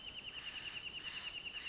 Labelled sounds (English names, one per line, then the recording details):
Wrentit
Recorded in Sonoma County, California